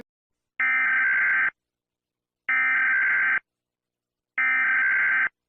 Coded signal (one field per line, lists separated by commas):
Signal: Emergency Alert System (SAME) tones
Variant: header bursts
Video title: EAS SCENARIO: Annoying Orange (AFTER MANY MONTHS OF WORK)